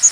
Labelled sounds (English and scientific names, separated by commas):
Chestnut-sided Warbler (Setophaga pensylvanica) flight call